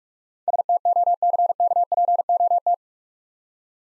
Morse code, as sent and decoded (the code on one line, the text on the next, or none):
... - --- -.-. -.- .--. --- -
STOCKPOT